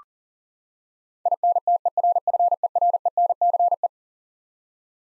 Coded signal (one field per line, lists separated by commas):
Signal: Morse code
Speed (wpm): 40 wpm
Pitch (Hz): 700 Hz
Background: none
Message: INTERFERENCE